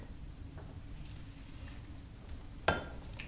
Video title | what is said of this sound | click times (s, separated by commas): Driver Mod Junkyard Engine Rebuild S01 Ep004 | put this on there push it till I hear it click just like that | 2.7 s